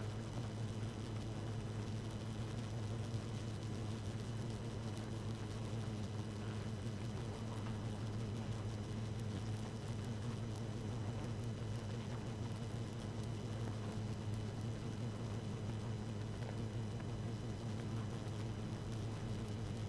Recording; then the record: honeybee colony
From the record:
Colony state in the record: active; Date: 12 June 2018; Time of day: 0:23